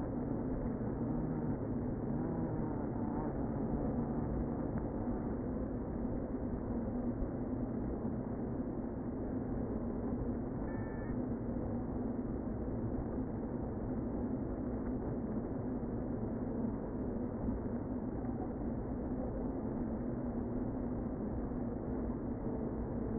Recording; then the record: honeybee colony, microphone inside the hive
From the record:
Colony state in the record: queen present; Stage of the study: before two queens were removed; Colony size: about 60,000 bees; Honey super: yes